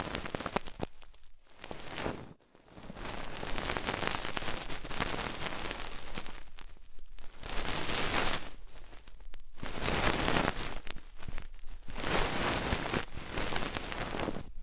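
Ear exploration sounds: dense, crackling rustles that patter like rain on a surface, running through the whole range from low to bright. The texture comes in long bursts broken by short pauses, near 2, 7, 9.5 and 12 seconds.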